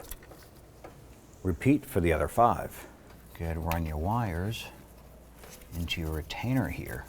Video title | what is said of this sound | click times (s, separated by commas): How to Replace Spark Plug Wire Set 2006-2013 Chevrolet Impala | ignition coil press it on and you'll hear a little click | 0.1 s